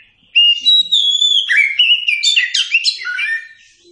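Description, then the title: Oriental magpie-robin song opening with sustained clear whistles, then a quick sequence of varied slurred and trilled notes, loud. Song recording used as a model for training captive birds. "Masteran Burung Kacer"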